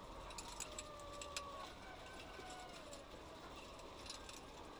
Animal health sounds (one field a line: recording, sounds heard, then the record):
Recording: poultry house recording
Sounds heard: healthy chickens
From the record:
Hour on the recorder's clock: 8